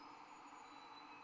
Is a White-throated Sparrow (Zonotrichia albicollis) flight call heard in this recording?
no